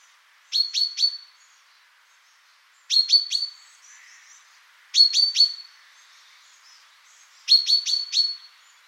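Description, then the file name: Common chaffinch giving tight clusters of a few sharp, high, clipped notes, repeated every few seconds. "Fringilla coelebs"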